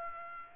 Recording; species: mosquito wingbeat signal from an infrared sensor; Aedes aegypti